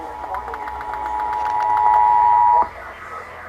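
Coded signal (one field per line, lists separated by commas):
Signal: Emergency Alert System (SAME) tones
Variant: 853 and 960 Hz attention tone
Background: speech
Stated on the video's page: Statewide required monthly test received via three NOAA weather radio stations plus an AM and an FM radio station.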